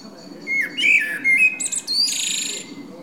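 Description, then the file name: Common blackbird song: a smooth, sliding fluted whistle, then high, thin chattering squeaks. "Turdus merula"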